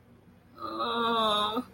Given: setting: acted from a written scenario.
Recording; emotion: vocal sound without words; sadness